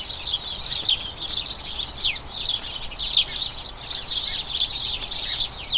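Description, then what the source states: Excited chattering of a sparrow flock, many house sparrows giving quick, scratchy chirps in overlapping waves with no real pause. A colony of about a dozen house sparrows chattering incessantly in a small front garden as crocuses bloom, before the breeding season.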